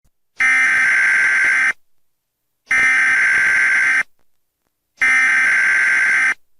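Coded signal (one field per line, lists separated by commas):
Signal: Emergency Alert System (SAME) tones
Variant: header bursts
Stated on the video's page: Fictional EAS scenario, a recreation rather than a real alert.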